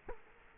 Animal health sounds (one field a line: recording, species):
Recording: mosquito wingbeat signal from an infrared sensor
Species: Culex quinquefasciatus